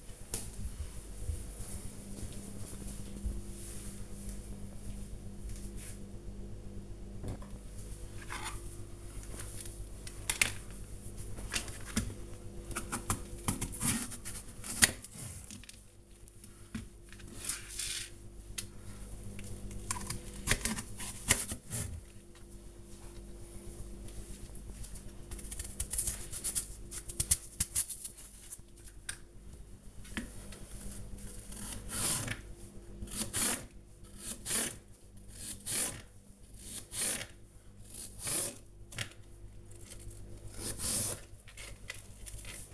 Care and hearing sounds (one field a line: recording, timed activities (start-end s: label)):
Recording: household activities, microphone on the right wrist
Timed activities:
6.48-42.74 s: cutting vegetables